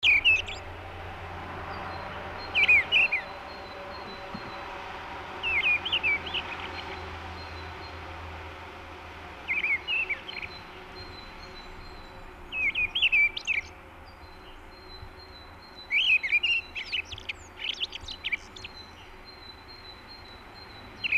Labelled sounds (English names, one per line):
Mistle Thrush song